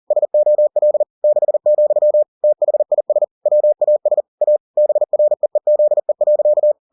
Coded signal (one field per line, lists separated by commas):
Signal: Morse code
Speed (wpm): 40 wpm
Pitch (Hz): 600 Hz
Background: none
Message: SOL 6, THIS WAS A BREEZE.